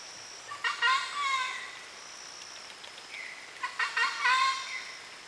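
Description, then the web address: Bird calls: two loud, harsh, harmonic-rich bursts with a faint short chirp between them, over background noise. "gallery oiseaux. Mes treks"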